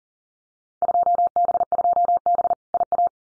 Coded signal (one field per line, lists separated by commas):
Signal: Morse code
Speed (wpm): 38 wpm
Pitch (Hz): 700 Hz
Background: none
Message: 2B2B IA